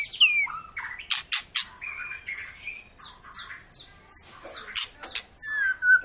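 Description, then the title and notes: White-rumped shama delivering spaced whistled phrases and harsh squawky notes, each burst separated by short gaps. Long lure song (pancingan) of a gacor, actively singing white-rumped shama, played to make other birds sing. "Pancingan Murai Batu Gacor Panjang. muraiku"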